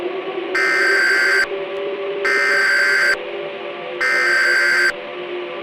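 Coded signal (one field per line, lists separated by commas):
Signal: Emergency Alert System (SAME) tones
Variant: header bursts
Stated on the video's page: Fictional analog horror EAS scenario using valid EAS tones.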